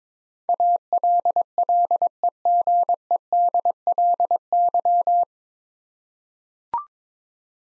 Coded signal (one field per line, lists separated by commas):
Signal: Morse code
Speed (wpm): 22 wpm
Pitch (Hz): 700 Hz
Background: none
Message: ALLEGEDLY